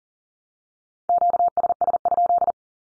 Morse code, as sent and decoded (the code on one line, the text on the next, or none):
--.- ... ... ..--..
QSS?